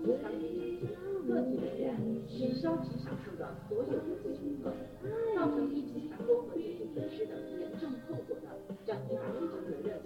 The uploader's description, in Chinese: 重庆洪崖洞